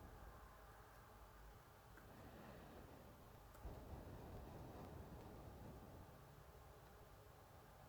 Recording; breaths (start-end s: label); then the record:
nose breathing near a microphone
0.00-0.59 s: exhalation
1.84-3.42 s: inhalation
3.42-6.53 s: exhalation
From the record:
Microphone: phone